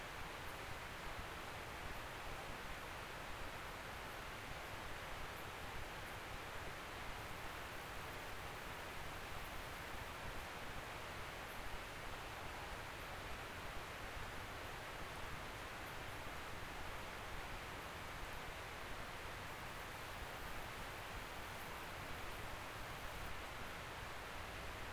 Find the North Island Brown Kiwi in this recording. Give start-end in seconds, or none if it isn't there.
none